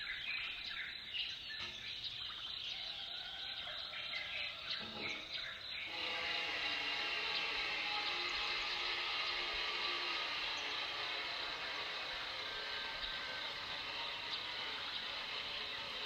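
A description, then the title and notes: Birds chirp and trill over a dense bed of insect-like buzzing, which grows louder and steadier after about six seconds and continues throughout. I recorded this at 5 a.m.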